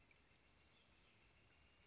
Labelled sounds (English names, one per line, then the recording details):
Northern Flicker
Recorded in Sonoma County, California